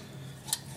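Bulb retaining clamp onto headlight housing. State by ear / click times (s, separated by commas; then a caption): seated / 0.5 s. A wire bulb retaining clamp is placed back over the bulb in the headlight housing of a 1992–2002 Honda Civic during a HID xenon install. Against a steady low hum, a single short, bright metallic click sounds at 0.5 s, and the clamp is seated in place.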